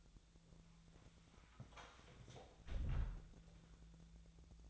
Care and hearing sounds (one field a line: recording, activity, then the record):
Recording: daily activity, microphone in the room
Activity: close door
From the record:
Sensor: 3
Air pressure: 1000.4 hPa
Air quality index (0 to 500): 179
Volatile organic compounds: 4 ppm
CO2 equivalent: 1551 ppm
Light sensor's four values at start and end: 13/32/13/14 and 13/31/13/14